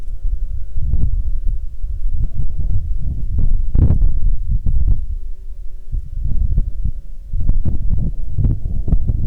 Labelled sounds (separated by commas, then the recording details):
wind, insects
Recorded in Ivvavik National Park, Yukon, on 25 June 2019 at 22:54
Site SINP09